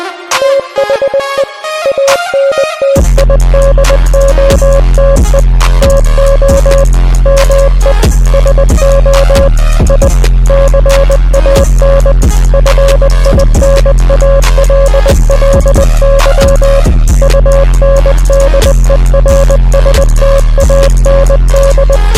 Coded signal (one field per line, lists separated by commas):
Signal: Morse code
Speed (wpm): 20 wpm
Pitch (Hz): 550 Hz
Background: music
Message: THE ANTIDOTE TO ME SO I CAN FINALLY UNDERSTAND